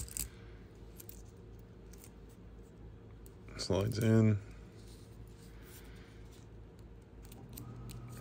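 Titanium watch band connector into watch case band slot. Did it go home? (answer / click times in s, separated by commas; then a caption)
no / none. Someone talks while a Robust Apple Watch Titanium Link Band T03 (titanium, 49mm) connector is slid into the band slot of a 49mm Apple Watch case, with a brief metallic sliding rattle around 3.7–4.4 s. The band slides in but does not lock, and nothing has clicked or seated.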